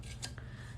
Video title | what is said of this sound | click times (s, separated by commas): Sublimation Tank Tops | so it pops right into place you can put whatever you want on that on that disc there | 0.2 s, 0.4 s